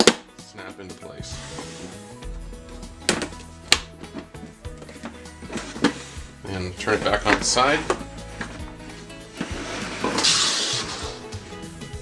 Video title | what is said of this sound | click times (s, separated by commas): Clean Sense Bidet Seat & Lid Replacement - A "how to" by www.bidetseatparts.com | once you have things lined up it will snap into place and | 0.0 s, 3.1 s, 3.7 s